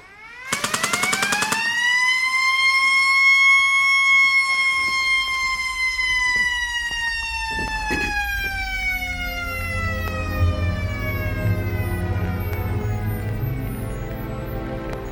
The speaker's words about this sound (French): Putain, tu as raison. C'est une évasion. Coup de feu, projecteur, sirène.